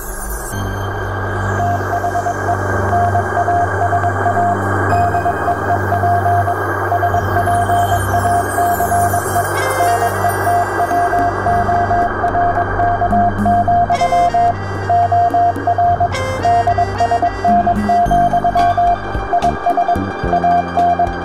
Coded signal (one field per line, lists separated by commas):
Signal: Morse code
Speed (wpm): 22 wpm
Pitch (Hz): 700 Hz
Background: music, radio noise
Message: THE NASA DEEP SPACE NETWORK, OR DSN, IS AN